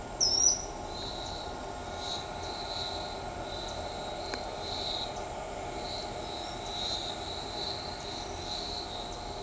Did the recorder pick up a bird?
yes